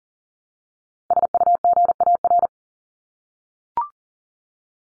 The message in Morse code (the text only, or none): SUGAR